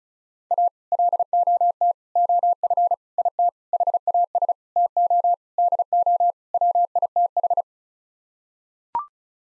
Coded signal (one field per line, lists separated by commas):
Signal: Morse code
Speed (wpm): 36 wpm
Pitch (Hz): 700 Hz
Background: none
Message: A LOT OF IT HAS TO DO WITH